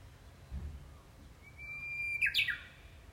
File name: ウグイス